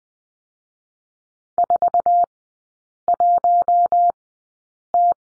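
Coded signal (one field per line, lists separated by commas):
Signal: Morse code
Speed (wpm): 21 wpm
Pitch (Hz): 700 Hz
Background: none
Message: 4 1 T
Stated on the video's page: Morse course lesson at Farnsworth speed 20/10wpm, three-character drill.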